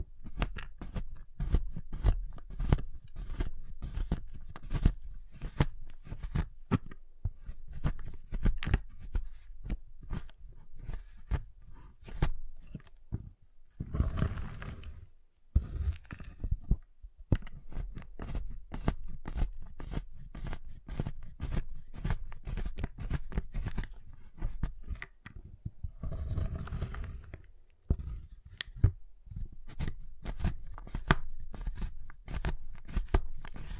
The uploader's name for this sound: Giant Chocolate Bar Tapping, Cutting, Snapping Sounds